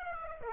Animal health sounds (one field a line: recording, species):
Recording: mosquito wingbeat signal from an infrared sensor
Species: Aedes aegypti